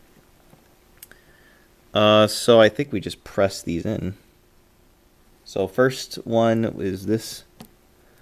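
The first small flex cable connector on an iPhone 5c is pressed onto its logic board socket during reassembly. Someone talks, then a single sharp tick is heard at 7.6 s as the connector pops in and seats.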